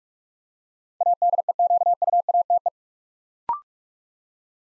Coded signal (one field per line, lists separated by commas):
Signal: Morse code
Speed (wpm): 44 wpm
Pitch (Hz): 700 Hz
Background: none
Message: ADEQUATE